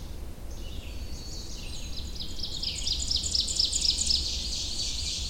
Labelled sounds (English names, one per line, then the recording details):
Ovenbird song
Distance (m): 50 m
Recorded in boreal forest in Alberta, Canada, on 21 June 2016 at 06:52
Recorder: SongMeter 3, array SBT-6-81
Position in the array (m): 37 m, 94 m
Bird 24